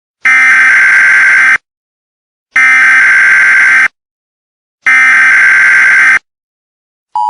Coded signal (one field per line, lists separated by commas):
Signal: Emergency Alert System (SAME) tones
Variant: header bursts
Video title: Channel 24: EAS